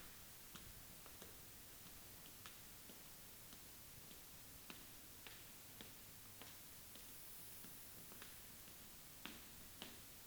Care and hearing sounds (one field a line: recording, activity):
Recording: daily activity, guitar pickup as the sensor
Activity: walk